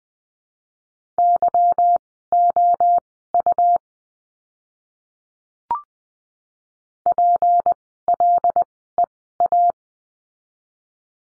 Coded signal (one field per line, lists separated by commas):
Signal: Morse code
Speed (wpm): 20 wpm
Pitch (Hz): 700 Hz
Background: none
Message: YOU PLEA